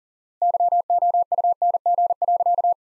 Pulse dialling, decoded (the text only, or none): none